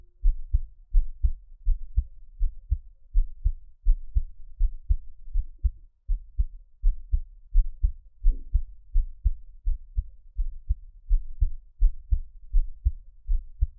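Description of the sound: Steady, deep paired thumps repeat at about 83 beats a minute, with no talking or other sounds over them. It is an adult's own heartbeat heard up close for ASMR listening, with each beat heard as a soft lub-dub.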